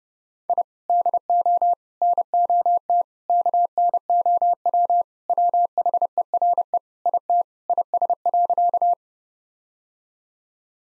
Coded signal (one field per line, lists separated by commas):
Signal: Morse code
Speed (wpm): 32 wpm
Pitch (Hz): 700 Hz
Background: none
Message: I DO NOT KNOW WHERE IT IS.